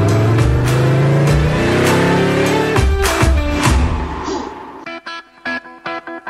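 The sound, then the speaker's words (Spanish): A car engine roars loudly, its pitch climbing steadily as it revs up for several seconds, then breaks into a series of short, choppy bursts before stopping. “Levenson, la batería que arranca tu motor.”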